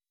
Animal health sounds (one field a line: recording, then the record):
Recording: hydrophone in a shrimp aquaculture tank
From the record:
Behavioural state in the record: weakened